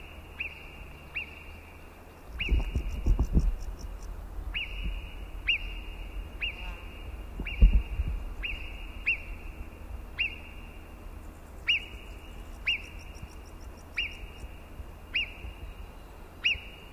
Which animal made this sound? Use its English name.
Alpine Marmot